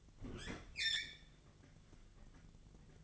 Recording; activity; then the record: daily activity, microphone in the room; open fridge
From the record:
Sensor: 4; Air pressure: 1000.8 hPa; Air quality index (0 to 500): 135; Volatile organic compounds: 2 ppm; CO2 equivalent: 1002 ppm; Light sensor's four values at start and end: 27/64/27/29 and 26/61/25/27